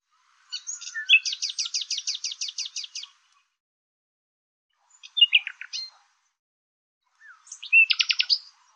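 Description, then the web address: Bird song, a long buzzy trill of evenly repeated notes, then a short twittering phrase and another rapid buzzy trill after pauses. "Deverinetal 2025"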